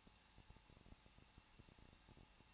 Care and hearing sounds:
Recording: daily activity, microphone in the room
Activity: no activity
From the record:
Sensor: 1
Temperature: 20.1 degrees Celsius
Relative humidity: 39.1%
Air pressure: 1006.3 hPa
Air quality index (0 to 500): 217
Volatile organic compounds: 75 ppm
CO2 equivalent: 3564 ppm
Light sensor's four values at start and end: 1/2/1/1 and 1/2/1/1

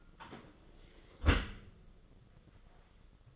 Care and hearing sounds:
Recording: daily activity, microphone in the room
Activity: close dishwasher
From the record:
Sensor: 4

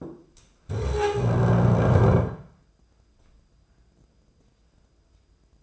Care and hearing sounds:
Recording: daily activity, microphone in the room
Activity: stand up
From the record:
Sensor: 2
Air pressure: 995.8 hPa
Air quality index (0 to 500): 240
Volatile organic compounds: 1000 ppm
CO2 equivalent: 5898 ppm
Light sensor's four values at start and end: 27/65/28/31 and 24/57/26/29

